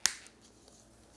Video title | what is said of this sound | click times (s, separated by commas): Bodylastics Curl Bar Review - | twisting it and it locks in place and now | 0.1 s